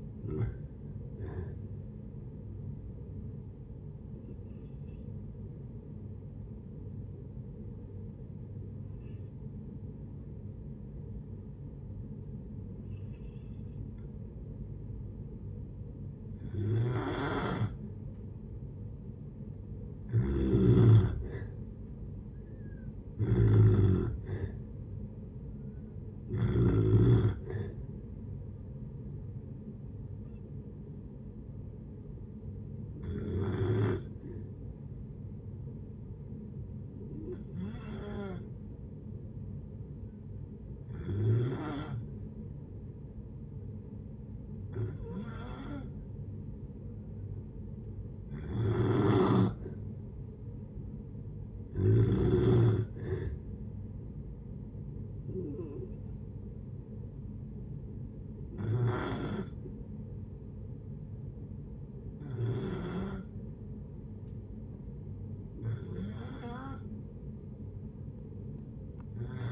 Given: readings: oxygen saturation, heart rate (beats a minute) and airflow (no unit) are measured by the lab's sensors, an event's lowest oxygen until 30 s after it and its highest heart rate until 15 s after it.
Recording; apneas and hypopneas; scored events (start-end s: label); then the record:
breathing in sleep by a smartphone at the bedside; 2
3.00-18.40 s: hypopnea (N1, oxygen 95% highest, then 90% lowest)
27.00-69.52 s: new sleep stage, N2 (light sleep)
32.00-49.10 s: hypopnea (N2, oxygen 95% highest, then 89% lowest)
From the record:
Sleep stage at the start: N1 (lightest sleep); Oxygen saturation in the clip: 89 to 97%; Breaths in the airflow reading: 19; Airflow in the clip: -7.2 to 4.7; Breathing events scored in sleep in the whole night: 496 in 5.4 hours asleep